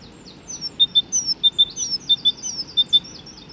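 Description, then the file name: Great tit calls: a series of sharp high notes repeated in quick succession with short bright chirps, over faint background noise. "Great Tit (Parus major)"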